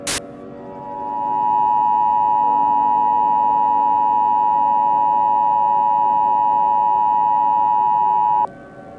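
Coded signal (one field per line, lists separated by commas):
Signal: Emergency Alert System (SAME) tones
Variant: 853 and 960 Hz attention tone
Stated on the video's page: Fictional disease outbreak scenario using valid tones.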